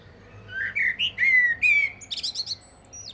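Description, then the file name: Common blackbird song: rich, rising fluted whistles lead into a rapid run of high, scratchy twittering notes. "Turdus merula"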